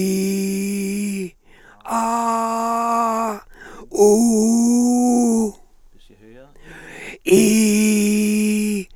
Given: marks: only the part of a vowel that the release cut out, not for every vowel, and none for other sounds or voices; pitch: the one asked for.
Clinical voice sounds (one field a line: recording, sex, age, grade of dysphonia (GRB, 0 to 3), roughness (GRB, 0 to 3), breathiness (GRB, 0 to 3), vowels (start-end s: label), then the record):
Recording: sustained vowels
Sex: male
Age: 60 to 69 years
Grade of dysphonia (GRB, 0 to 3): 3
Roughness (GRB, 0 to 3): 2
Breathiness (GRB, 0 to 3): 3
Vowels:
0.00-1.08 s: vowel /i/, normal pitch
2.06-3.15 s: vowel /a/, normal pitch
4.16-5.28 s: vowel /u/, normal pitch
7.47-8.54 s: vowel /i/, high pitch
From the record:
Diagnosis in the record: frontolateral partial laryngectomy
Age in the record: 67 years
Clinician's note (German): Dysphonie bei Zustand danach